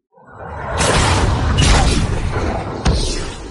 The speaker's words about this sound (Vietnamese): Phi thuyền vũ trụ gia tốc bay vút lên trời.